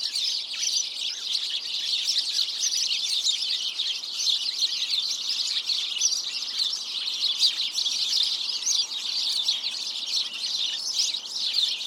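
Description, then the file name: House sparrows chirping in a dense, continuous chorus, many overlapping bright chirps with no pauses throughout. "Passer domesticus"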